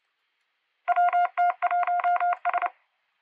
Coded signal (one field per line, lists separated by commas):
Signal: Morse code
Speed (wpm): 28 wpm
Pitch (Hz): 710 Hz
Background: none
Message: WT1S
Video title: Preparing for CQ WW CW 2024 - Day 1 (15th October 2024) #CWmotivation